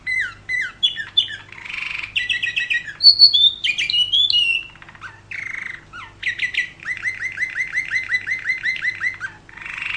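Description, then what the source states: Canary singing a varied, energetic medley: quick chirps, a buzzy burst, high whistled slurs, then a long rapid run of repeated upswept notes, over a steady low electrical hum. Champion canary song, described as kicau (chirping).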